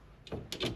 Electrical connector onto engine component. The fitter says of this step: várjál ráraktuk kattan elvileg